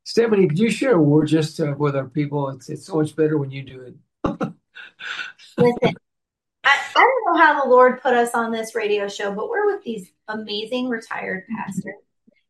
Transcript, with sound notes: Stephanie, could you share a word just, uh, with our people? It's, it's so much better when you do it.
(laughs)
Listen, I, I don't know how the Lord put us on this radio show, but we're with these amazing retired pastors.